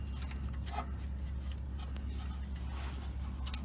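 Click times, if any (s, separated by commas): 3.5 s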